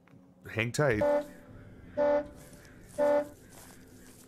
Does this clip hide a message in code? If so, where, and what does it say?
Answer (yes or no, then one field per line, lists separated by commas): no